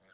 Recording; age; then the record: pig call; piglet (1 to 25 days)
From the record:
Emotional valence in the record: positive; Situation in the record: short reunion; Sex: male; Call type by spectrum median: low-frequency call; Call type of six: mixed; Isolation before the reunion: 3 minutes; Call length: 0.14 s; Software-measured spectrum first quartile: 992 Hz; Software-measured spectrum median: 1563 Hz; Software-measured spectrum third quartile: 3689 Hz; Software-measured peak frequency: 1454 Hz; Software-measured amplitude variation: 68 dB a second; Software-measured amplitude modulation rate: 10.6 a second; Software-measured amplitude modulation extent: 6.5 dB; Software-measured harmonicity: 0.1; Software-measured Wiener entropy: -1.62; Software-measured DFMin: 926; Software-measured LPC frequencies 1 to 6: 591, 1473, 2083, 3235, 4091, 5166 Hz